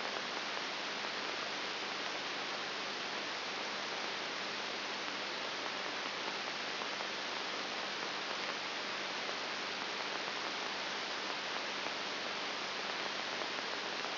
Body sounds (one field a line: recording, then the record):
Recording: brain microelectrode recording played as sound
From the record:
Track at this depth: inside the subthalamic nucleus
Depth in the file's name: 6.1 mm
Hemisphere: right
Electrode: 3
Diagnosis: Parkinson's disease